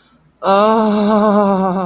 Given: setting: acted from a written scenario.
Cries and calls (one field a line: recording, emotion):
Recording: vocal sound without words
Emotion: relief